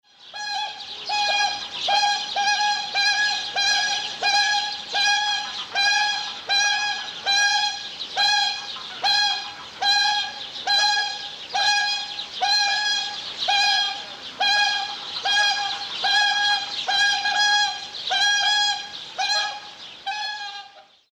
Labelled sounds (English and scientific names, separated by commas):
Whooper Swan (Cygnus cygnus)